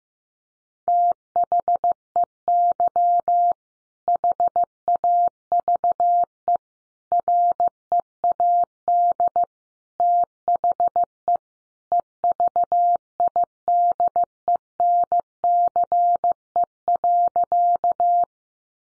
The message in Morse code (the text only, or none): THEY HAVE READ THE EVIDENCE.